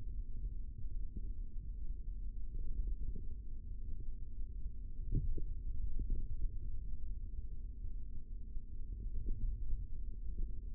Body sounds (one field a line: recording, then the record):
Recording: forearm muscle sounds (acoustic myography)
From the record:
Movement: finger pinch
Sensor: system 3, bracelet of six PUI Audio POM-2738L microphones around the upper forearm, with dedicated amplification and filtering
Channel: 5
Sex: male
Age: 25 years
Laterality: right